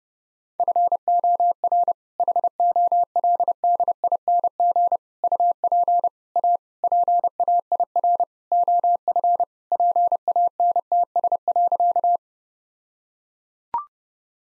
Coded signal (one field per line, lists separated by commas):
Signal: Morse code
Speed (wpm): 30 wpm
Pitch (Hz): 700 Hz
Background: none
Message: FOR HOLDING UP A PAIR OF PANTS.